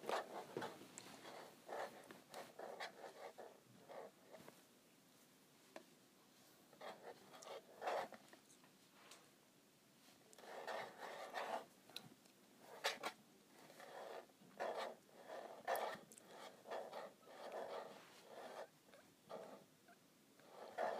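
Scratching on a calculator, made of short rough strokes that come in uneven bursts, some quick runs and some single scrapes. The scratches are bright and dry, with brief quiet gaps between clusters, and the pace changes throughout.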